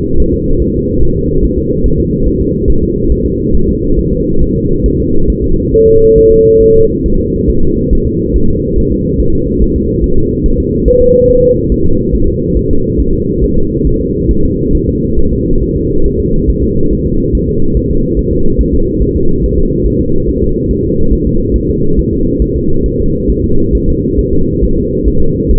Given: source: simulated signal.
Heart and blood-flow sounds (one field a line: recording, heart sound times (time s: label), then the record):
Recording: fetal heart sounds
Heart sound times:
0.20 s: S1
0.34 s: S2
0.62 s: S1
0.76 s: S2
1.03 s: S1
1.17 s: S2
1.44 s: S1
1.58 s: S2
1.86 s: S1
2.00 s: S2
2.28 s: S1
2.41 s: S2
2.70 s: S1
2.84 s: S2
3.12 s: S1
3.26 s: S2
3.55 s: S1
3.69 s: S2
3.99 s: S1
4.13 s: S2
4.42 s: S1
4.56 s: S2
4.86 s: S1
5.00 s: S2
5.30 s: S1
5.44 s: S2
5.74 s: S1
5.88 s: S2
6.18 s: S1
6.32 s: S2
6.62 s: S1
6.76 s: S2
7.06 s: S1
7.20 s: S2
7.50 s: S1
7.63 s: S2
7.93 s: S1
8.07 s: S2
8.36 s: S1
8.50 s: S2
8.78 s: S1
8.92 s: S2
9.20 s: S1
9.34 s: S2
9.62 s: S1
9.76 s: S2
10.04 s: S1
10.18 s: S2
10.46 s: S1
10.60 s: S2
10.88 s: S1
11.02 s: S2
11.30 s: S1
11.44 s: S2
11.72 s: S1
11.86 s: S2
12.14 s: S1
12.28 s: S2
12.57 s: S1
12.71 s: S2
13.00 s: S1
13.14 s: S2
13.44 s: S1
13.58 s: S2
13.87 s: S1
14.01 s: S2
14.31 s: S1
14.45 s: S2
14.75 s: S1
14.89 s: S2
15.19 s: S1
15.33 s: S2
15.62 s: S1
15.76 s: S2
16.06 s: S1
16.20 s: S2
16.50 s: S1
16.63 s: S2
16.93 s: S1
17.06 s: S2
17.35 s: S1
17.49 s: S2
17.77 s: S1
17.91 s: S2
18.19 s: S1
18.33 s: S2
18.61 s: S1
18.75 s: S2
19.02 s: S1
19.16 s: S2
19.44 s: S1
19.58 s: S2
19.86 s: S1
20.00 s: S2
20.29 s: S1
20.42 s: S2
20.71 s: S1
20.85 s: S2
21.13 s: S1
21.27 s: S2
21.56 s: S1
21.70 s: S2
21.99 s: S1
22.13 s: S2
22.42 s: S1
22.56 s: S2
22.86 s: S1
23.00 s: S2
23.30 s: S1
23.44 s: S2
23.75 s: S1
23.89 s: S2
24.19 s: S1
24.33 s: S2
24.63 s: S1
24.77 s: S2
25.08 s: S1
25.21 s: S2
25.51 s: S1
From the record:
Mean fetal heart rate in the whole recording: 140 bpm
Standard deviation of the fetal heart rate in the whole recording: 2 bpm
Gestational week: 34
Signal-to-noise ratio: -17.7 dB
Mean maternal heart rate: 72 bpm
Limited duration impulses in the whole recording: present